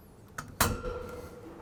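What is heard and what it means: A QUNDIS plastic heat cost allocator is pressed onto its metal mounting on a sectional radiator. A light tap at 0.4 s is followed by a sharp snap at 0.6 s with a brief ringing tail as it latches. The latch also trips a switch that starts counting and radio transmission, and the device is seated and holds.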